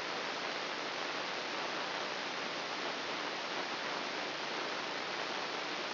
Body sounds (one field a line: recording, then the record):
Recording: brain microelectrode recording played as sound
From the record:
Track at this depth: inside the subthalamic nucleus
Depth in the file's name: 4.709 mm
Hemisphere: left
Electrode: 3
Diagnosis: Parkinson's disease